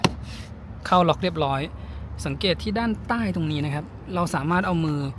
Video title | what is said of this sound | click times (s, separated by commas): ZEEKR 009 Standard กรุงเทพฯ - เชียงใหม่ - รถตู้ไฟฟ้า 100% ที่วิ่งได้ไกลสุดในไทย | To close it, just press it and it will lock into place. Once locked , | 0.0 s